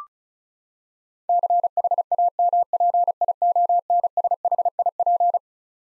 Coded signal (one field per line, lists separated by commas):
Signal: Morse code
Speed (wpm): 36 wpm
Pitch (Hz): 700 Hz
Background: none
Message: CHAMPIONSHIP